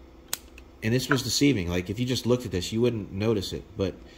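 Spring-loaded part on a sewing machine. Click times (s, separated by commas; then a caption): 0.3 s. A spring-loaded part on a Sailrite LSZ-1 sewing machine sits on its spring and snaps into place with a sharp click at 0.3 s, followed by a faint second tick at 0.6 s. The part is seated, and then someone talks.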